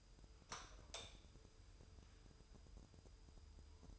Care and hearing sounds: daily activity, microphone in the room; light on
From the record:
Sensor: 2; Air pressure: 988.3 hPa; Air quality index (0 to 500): 191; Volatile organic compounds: 188 ppm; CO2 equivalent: 4170 ppm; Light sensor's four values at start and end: 6/16/6/7 and 11/34/13/13

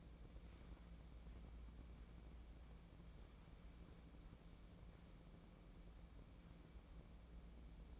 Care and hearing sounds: daily activity, microphone in the room; wipe stove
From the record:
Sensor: 1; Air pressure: 1012.4 hPa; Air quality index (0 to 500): 152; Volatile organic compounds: 2 ppm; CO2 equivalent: 1249 ppm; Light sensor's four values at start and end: 833/1795/844/968 and 809/1751/821/942

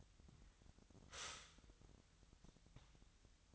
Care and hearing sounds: daily activity, microphone in the room; stop toaster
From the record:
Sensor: 3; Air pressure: 1002.0 hPa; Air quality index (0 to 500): 246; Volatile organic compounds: 50 ppm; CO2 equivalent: 3289 ppm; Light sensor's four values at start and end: 13/40/17/15 and 13/40/17/15

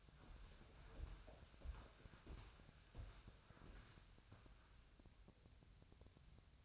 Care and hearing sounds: daily activity, microphone in the room; walk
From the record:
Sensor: 2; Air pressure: 1015.2 hPa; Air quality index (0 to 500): 120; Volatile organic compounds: 4 ppm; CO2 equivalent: 1549 ppm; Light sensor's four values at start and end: 13/34/13/15 and 11/31/12/13

